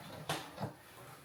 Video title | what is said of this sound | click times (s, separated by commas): Unboxing the EufyMake UV Printer — First Print FAILED? | They just click right into place. | 0.3 s